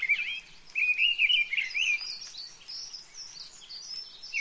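Birdsong made of a rapid, jumbled twittering, swooping notes at first, then higher thin chirps over light background noise.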